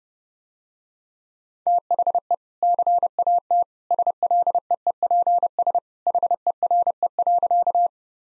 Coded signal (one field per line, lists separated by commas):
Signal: Morse code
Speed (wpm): 30 wpm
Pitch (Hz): 700 Hz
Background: none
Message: THE CAT SLEEPS HERE.